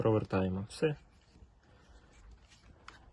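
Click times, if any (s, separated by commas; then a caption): 2.9 s. Someone talks while reassembling a G3 rifle, pressing and turning the safety selector so the trigger mechanism housing seats into the rifle receiver. After the speech fades into quiet handling noise, a single sharp click is heard at 2.9 s as the trigger group seats in place.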